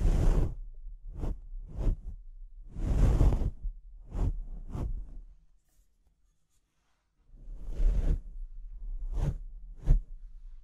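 Mic scratching, heard as rough rubbing bursts that sweep from a low thump up to a bright hiss. There are short strokes near 1, 2, 4, 5, 9 and 10 seconds and longer scrapes around 3 and 8 seconds, with a silent gap from about 6 to 7 seconds.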